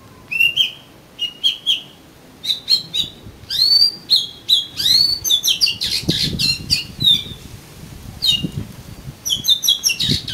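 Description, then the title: Oriental magpie-robin song: a steady stream of whistled and chattering notes in varied phrases, with faint low rumbling behind. "Kacer Kacer"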